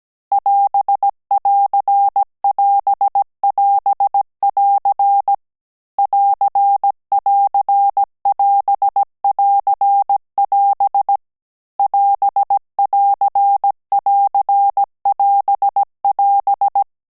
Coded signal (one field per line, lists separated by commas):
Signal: Morse code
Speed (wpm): 17 wpm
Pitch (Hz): 800 Hz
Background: none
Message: <AS><AR><AS><AS><AR> <AR><AR><AS><AR><AS> <AS><AR><AR><AS><AS>